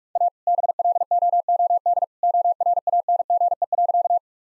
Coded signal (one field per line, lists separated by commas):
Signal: Morse code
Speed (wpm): 46 wpm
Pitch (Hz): 700 Hz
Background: none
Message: A BLOOD ORANGE.